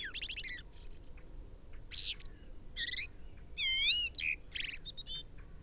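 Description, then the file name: Common blackbird singing a run of varied phrases: high scratchy twitters, a wavering whistled note and thin squeaks follow closely over about five seconds. "Turdus merula"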